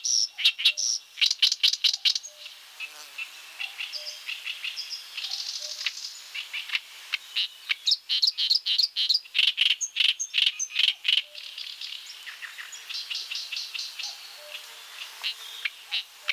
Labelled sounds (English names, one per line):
Oriental Reed Warbler song